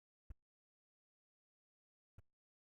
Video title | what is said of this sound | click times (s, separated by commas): Marvel Legends - 2018 X-Men - Apocalypse BaF - Magneto Figure Review | it'll go on didn't hear the pop yet but that'll | none